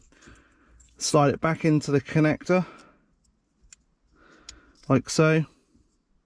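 A re-pinned wiring connector is being handled and slid back toward its mating socket in the housing behind the dashboard head unit screen of a BMW 5 Series E60/E61 during an AUX cable install. Someone talks over faint handling noises, with small sharp ticks around 0.8, 3.3, 3.7 and 4.5 seconds. The connector has not seated or clicked into place yet.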